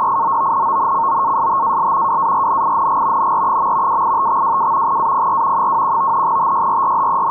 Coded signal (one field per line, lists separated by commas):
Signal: NAVTEX (SITOR-B)